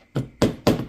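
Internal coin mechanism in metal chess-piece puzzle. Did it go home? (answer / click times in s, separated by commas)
yes / 0.4 s, 0.7 s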